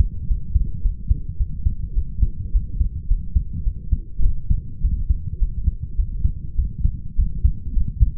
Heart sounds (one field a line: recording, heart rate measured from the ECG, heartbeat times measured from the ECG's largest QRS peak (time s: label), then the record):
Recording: heart sounds by stethoscope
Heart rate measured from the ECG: 105 bpm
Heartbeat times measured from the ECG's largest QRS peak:
0.28 s: heartbeat
0.83 s: heartbeat
1.38 s: heartbeat
1.94 s: heartbeat
2.53 s: heartbeat
3.08 s: heartbeat
3.64 s: heartbeat
4.22 s: heartbeat
4.82 s: heartbeat
5.40 s: heartbeat
5.97 s: heartbeat
6.56 s: heartbeat
7.17 s: heartbeat
7.74 s: heartbeat
From the record:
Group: healthy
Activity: light exercise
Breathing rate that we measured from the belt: 26 breaths a minute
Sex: male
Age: 22 years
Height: 181 cm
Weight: 60 kg